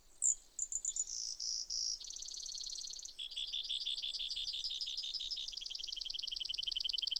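Brewer's sparrow song: a few high notes, then buzzy trills descending step by step into a long rapid pulsed trill.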